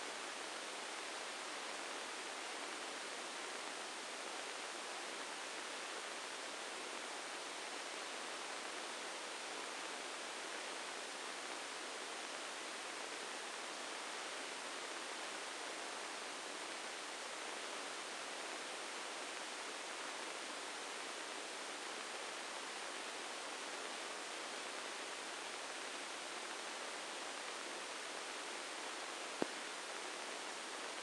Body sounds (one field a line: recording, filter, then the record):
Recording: brain microelectrode recording played as sound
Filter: spike band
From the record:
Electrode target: subthalamic nucleus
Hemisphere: right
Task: reaching with the left hand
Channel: 1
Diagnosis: Parkinson's disease